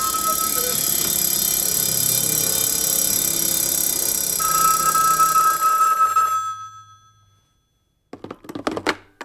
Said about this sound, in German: Plötzlich war die Menge still und da erschien ein winziges Männlein, trat leicht geziert aus der Tür seines Hauses und da begrüßte ihn eine Kakophonie aus Klingen, Glocken, Bimmeln, Kuckucks und Gesang.